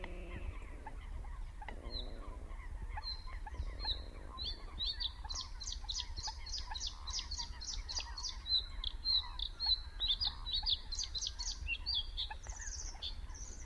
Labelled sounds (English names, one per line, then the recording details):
Bluethroat song
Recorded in the wild
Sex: male
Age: adult
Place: Kützerhof, Kummerower See, Mecklenburg-Vorpommern, DE
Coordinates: 53.8411, 12.8756
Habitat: wetland
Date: 2010-04-13 20:24
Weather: cloudy, ca. 10°C, weak northerly winds
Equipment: Sound Devices 702, Sennheiser MKH 70, Rycote Windschutz
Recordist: Frommolt, Karl-Heinz